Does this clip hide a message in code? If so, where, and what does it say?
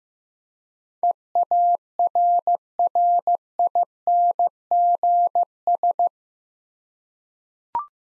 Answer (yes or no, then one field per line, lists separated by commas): yes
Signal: Morse code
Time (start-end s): 1.0-6.1 s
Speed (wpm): 16 wpm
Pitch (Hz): 700 Hz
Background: none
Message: EARRINGS